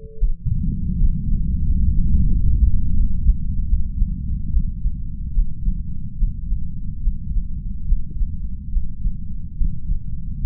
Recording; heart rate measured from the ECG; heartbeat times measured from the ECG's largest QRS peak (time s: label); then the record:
heart sounds by stethoscope; 77 bpm
0.17 s: heartbeat
0.96 s: heartbeat
1.62 s: heartbeat
2.28 s: heartbeat
2.94 s: heartbeat
3.66 s: heartbeat
4.50 s: heartbeat
5.31 s: heartbeat
6.15 s: heartbeat
7.00 s: heartbeat
7.84 s: heartbeat
8.69 s: heartbeat
9.53 s: heartbeat
10.37 s: heartbeat
From the record:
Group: healthy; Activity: breath hold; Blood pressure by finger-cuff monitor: 98/58 mmHg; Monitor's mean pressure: 75 mmHg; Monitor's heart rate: 73 bpm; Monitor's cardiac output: 6.9 L/min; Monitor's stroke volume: 86 mL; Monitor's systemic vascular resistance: 810 dyn s/cm5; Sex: female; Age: 26 years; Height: 165 cm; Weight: 55 kg